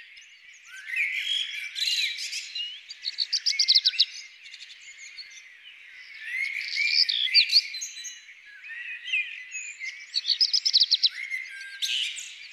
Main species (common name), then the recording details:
Black Redstart. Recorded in the wild. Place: Freiburg im Breisgau / Lehen, Baden-Württemberg, DE. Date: 2002-04-21. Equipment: MiniDisc Sharp MT 20 H. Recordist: Schwarz, Dieter